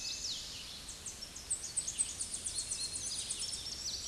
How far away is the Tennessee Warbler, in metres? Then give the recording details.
about 30 m. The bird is about level with the microphone. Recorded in a Pennsylvania forest on 16 May 2024 at 06:23. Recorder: AudioMoth, point MSD-0438. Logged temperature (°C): 14.5 °C. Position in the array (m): 77 m, 87 m